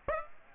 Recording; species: mosquito wingbeat signal from an infrared sensor; Aedes aegypti